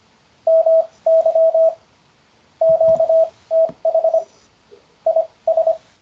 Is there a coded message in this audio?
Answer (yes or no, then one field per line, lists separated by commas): yes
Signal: Morse code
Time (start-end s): 0.5-5.7 s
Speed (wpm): 25 wpm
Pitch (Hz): 650 Hz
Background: radio noise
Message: MY QTH IS